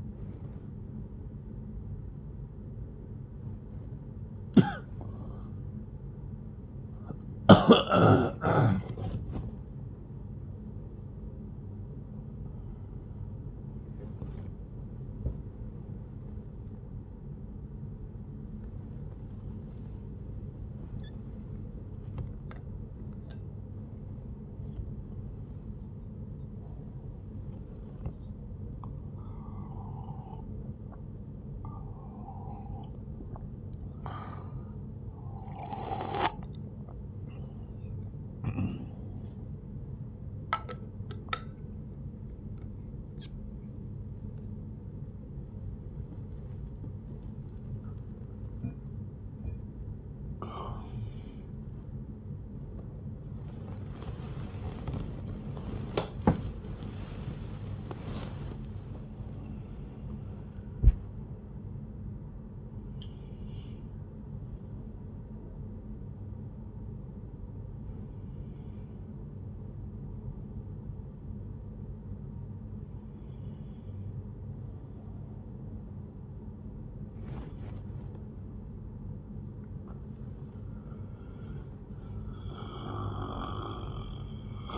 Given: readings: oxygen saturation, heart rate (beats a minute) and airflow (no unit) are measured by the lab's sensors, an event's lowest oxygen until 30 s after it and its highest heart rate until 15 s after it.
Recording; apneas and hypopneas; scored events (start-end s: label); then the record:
a person awake in a sleep study, by a smartphone at the bedside; none
0.00-84.78 s: awake
From the record:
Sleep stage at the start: awake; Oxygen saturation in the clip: 95 to 97%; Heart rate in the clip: 76 to 87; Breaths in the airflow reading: 14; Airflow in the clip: -5.0 to 5.6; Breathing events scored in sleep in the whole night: 131 in 7.2 hours asleep